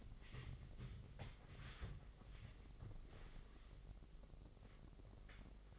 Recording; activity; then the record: daily activity, microphone in the room; wipe stove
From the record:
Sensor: 4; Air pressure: 996.9 hPa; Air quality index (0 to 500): 92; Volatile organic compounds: 5 ppm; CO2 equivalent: 1783 ppm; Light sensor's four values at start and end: 17/47/18/19 and 16/45/17/18